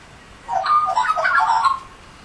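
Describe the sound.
Australian magpie uttering a brief phrase of liquid, warbled notes lasting about a second.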